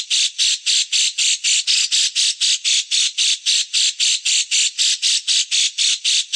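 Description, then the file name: Grey-cheeked bulbul repeating loud, buzzy grating notes at a very even rhythm, nearly four per second, with no other sounds. Song used to train songbirds (masteran). "masteran dahsyat cucak jenggot omkicau"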